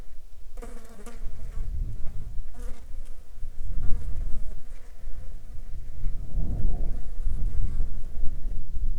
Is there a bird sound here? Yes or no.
no